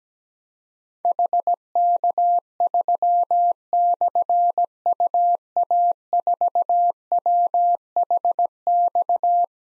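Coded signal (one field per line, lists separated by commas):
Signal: Morse code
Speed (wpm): 17 wpm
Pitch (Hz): 700 Hz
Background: none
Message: HK3/UA4WHX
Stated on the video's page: Morse practice drill of difficult call signs containing slashes at 17 wpm, each sent, spoken, then sent again.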